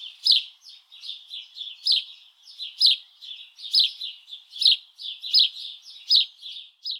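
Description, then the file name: House Sparrow call series: loud, sharp chirps spaced irregularly, roughly one or two per second, with quieter chattering notes filling the gaps. "Passer domesticus"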